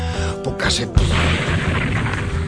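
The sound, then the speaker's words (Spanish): A steady humming tone gives way to a single sudden, loud explosion at a gas station in Texas, set off by a spark from a cigarette butt igniting an underground gas pipe, which rolls into a sustained, broad rumbling roar that lingers without fading. “La explosión se oyó en todo Texas.”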